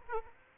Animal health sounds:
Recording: mosquito wingbeat signal from an infrared sensor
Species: Aedes aegypti

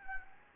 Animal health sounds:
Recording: mosquito wingbeat signal from an infrared sensor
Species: Anopheles gambiae

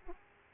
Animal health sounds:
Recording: mosquito wingbeat signal from an infrared sensor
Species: Aedes aegypti

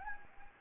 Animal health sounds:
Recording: mosquito wingbeat signal from an infrared sensor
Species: Anopheles gambiae

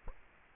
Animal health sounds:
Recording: mosquito wingbeat signal from an infrared sensor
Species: Culex quinquefasciatus

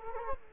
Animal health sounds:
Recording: mosquito wingbeat signal from an infrared sensor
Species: Culex quinquefasciatus

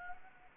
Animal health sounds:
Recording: mosquito wingbeat signal from an infrared sensor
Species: Anopheles gambiae

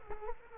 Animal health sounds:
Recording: mosquito wingbeat signal from an infrared sensor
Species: Culex quinquefasciatus

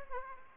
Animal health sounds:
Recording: mosquito wingbeat signal from an infrared sensor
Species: Aedes aegypti

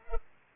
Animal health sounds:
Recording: mosquito wingbeat signal from an infrared sensor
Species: Culex pipiens

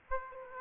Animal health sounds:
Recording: mosquito wingbeat signal from an infrared sensor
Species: Aedes aegypti

